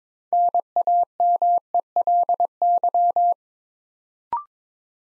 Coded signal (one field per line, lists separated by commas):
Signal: Morse code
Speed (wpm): 22 wpm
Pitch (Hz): 700 Hz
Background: none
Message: NAMELY